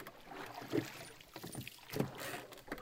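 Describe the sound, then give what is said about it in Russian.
Oars dip and pull through water in steady strokes as a small skiff is rowed away from a landing stage near a railway bridge, two louder splashy pulls roughly a second apart, with soft sloshing and a faint wind hiss between them. “Не теряя ни секунды, спрыгнул вниз, удержал равновесие, поднял со дна весла, вставил в уключины, оттолкнулся от дебаркадера, мощными грибками погнал лодку вперед.”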